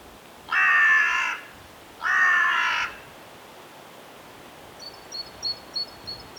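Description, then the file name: Carrion crow giving two harsh, drawn-out caws about half a second apart, followed by a faint series of high, thin chirps from a small bird. "Corvus corone"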